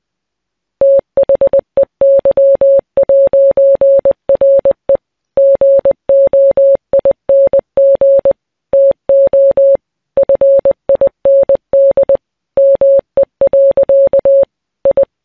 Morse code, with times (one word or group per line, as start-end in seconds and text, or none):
0.8-5.0 THEY'RE
5.4-8.3 GOING
8.7-9.8 TO
10.2-12.2 FIND
12.6-14.4 ME.
14.9-15.0 I